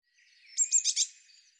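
Eurasian blue tit, a single brief call of four rapid, high scolding notes over a faint thin tone.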